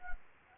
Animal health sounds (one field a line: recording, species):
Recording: mosquito wingbeat signal from an infrared sensor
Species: Anopheles arabiensis